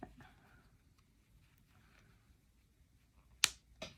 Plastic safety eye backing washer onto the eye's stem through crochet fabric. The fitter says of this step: until you hear that snap.